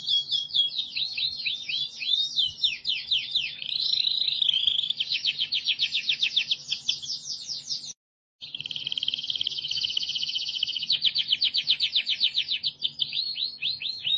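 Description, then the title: Canary song of long, fast rolling trills and swept notes, changing tour after tour, with a brief silent break midway before a dense buzzy trill resumes. "Kenari"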